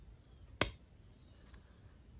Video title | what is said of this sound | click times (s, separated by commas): Otto Hutt Design 08 - My First Fountain Pen Video! | and if you like push in a little more it has this really satisfying click | 0.6 s